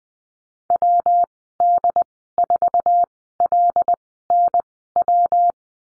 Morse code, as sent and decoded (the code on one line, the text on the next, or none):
.-- -.. ....- .-.. -. .--
WD4LNW